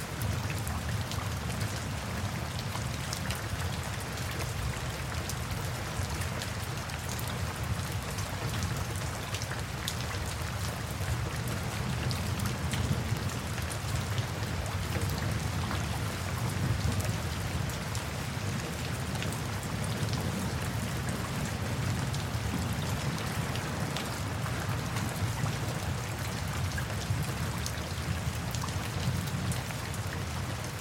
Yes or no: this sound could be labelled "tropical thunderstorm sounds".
yes